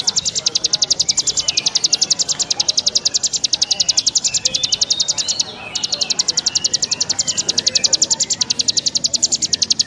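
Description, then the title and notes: Bar-winged prinia delivering rapid, high, evenly spaced pulsed notes almost continuously, interrupted by a short break partway. Compilation of ciblek sounds: birds in full song ('gacor') together with young birds ('anakan'). "Kicau Ciblek new. kumpulan suara burung ciblek gacor dan anakan"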